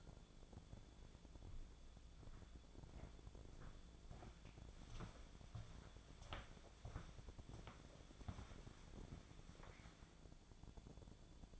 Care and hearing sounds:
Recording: daily activity, microphone in the room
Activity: walk to room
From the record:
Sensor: 5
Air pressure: 1000.1 hPa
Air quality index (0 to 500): 85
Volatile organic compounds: 1 ppm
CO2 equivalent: 700 ppm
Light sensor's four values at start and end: 317/788/330/368 and 399/889/404/473

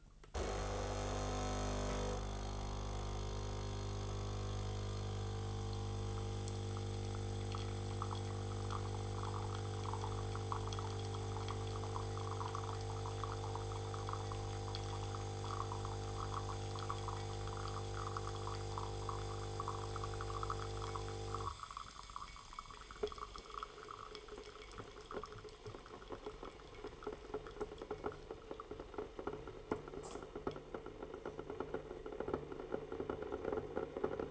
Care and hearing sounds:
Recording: daily activity, microphone in the room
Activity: make coffee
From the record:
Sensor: 4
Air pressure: 995.8 hPa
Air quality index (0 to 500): 70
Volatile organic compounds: 2 ppm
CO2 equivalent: 1267 ppm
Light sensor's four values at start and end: 8/18/7/6 and 12/27/11/12

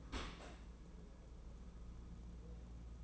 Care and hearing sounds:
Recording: daily activity, microphone in the room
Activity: open dishwasher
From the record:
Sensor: 1

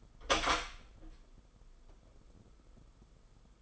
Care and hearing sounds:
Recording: daily activity, microphone in the room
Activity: open door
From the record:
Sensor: 5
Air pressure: 990.6 hPa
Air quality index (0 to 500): 150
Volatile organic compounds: 160 ppm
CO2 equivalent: 4064 ppm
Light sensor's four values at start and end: 26/64/26/28 and 27/65/27/29

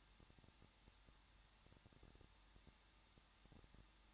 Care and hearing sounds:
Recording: daily activity, microphone in the room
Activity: no activity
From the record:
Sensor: 3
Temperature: 21.2 degrees Celsius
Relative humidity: 36.2%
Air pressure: 1006.4 hPa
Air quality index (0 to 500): 221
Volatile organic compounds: 40 ppm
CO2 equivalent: 3140 ppm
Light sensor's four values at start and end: 2/3/2/2 and 2/3/2/2

